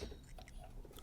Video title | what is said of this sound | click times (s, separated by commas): Unboxing the GVM 80W Soft Box Lighting Kit - Blindingly bright! | That satisfying click is the sound of a properly installed softbox. | 1.0 s